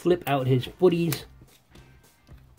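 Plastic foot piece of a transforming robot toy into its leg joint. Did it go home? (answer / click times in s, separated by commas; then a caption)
yes / 1.8 s, 2.3 s. Someone talks over the first second as the plastic feet of a Walmart reissue Generation 1 Soundwave Transformers robot toy (with Buzzsaw) are flipped out during transformation. The feet click into their detent positions in the leg joints with two small, sharp clicks at 1.8 s and 2.3 s, and are seated.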